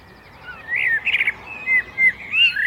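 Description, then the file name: Common blackbird giving a quick series of clear slurred whistles and short chirps. "Turdus merula"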